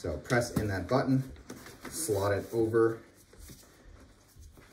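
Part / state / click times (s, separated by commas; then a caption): stroller bumper bar end onto frame mount / not seated / none. On a Baby Jogger City Select 2 stroller, the button on the bumper bar end is pressed in and the end is slid over and aligned on the frame mount while someone talks. Quieter handling rustles follow, and nothing has seated or clicked yet.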